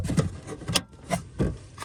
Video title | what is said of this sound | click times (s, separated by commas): 2011 HONDA PILOT TRAILER WIRE HARNESS AND CONNECTOR | once you hear that click you know that | 0.8 s